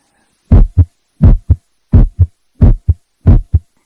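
Five steady lub-dub pairs at about 86 beats a minute, each a strong low thump followed by a softer second sound. This is a normal heartbeat. No background noise.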